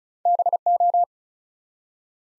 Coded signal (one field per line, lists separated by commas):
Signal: Morse code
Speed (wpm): 36 wpm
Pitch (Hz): 700 Hz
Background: none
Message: BO